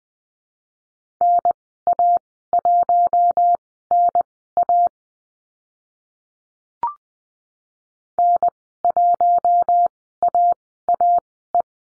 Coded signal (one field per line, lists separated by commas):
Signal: Morse code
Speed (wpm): 20 wpm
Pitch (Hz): 700 Hz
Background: none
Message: NA1NA N1AAE